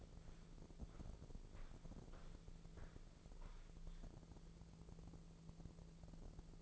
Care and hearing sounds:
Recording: daily activity, microphone in the room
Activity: walk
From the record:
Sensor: 5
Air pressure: 1005.6 hPa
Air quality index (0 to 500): 90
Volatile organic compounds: 2 ppm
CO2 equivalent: 1090 ppm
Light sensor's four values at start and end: 33/76/30/28 and 33/76/30/28

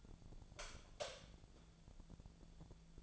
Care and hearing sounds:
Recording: daily activity, microphone in the room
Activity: light off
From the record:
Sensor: 5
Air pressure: 1000.2 hPa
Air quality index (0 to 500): 99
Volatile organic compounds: 1 ppm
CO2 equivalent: 804 ppm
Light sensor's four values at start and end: 210/503/214/236 and 208/496/212/233

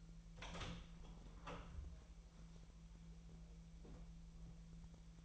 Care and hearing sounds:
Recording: daily activity, microphone in the room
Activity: open door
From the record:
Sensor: 1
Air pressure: 1001.3 hPa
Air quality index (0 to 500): 250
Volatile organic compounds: 138 ppm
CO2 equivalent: 3966 ppm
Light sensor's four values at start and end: 12/28/11/12 and 12/29/12/13

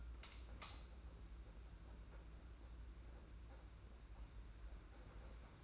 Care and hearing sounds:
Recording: daily activity, microphone in the room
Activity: light on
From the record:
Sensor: 2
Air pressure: 991.8 hPa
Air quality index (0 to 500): 230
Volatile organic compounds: 1000 ppm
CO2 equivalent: 7728 ppm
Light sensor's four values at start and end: 16/45/18/17 and 11/27/10/10

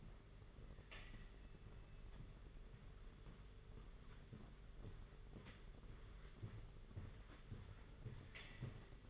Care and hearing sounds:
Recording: daily activity, microphone in the room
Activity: walk to room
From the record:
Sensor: 4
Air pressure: 991.9 hPa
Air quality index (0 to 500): 86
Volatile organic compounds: 7 ppm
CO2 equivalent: 1968 ppm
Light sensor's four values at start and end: 21/75/27/29 and 20/71/26/27

